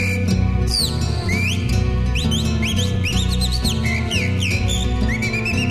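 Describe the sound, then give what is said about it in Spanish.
A mockingbird's whistling song of quick rising and falling high notes, repeated in short bright phrases over a steady bed of low instrumental music. “Silba la calandria.”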